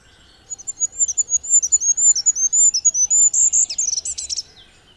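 Goldcrest delivering its very high, thin repeated see-saw notes, closing with a fast twittering flourish.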